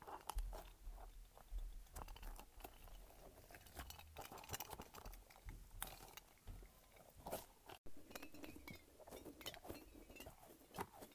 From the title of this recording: Squishing and Shaking a Light-Up Ball